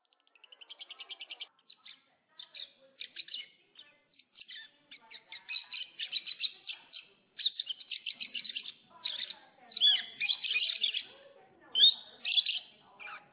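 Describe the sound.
Lovebird calls, a quick rattling series of chirps at the start, then irregular bursts of squeaky twittering that grow louder and denser toward the end.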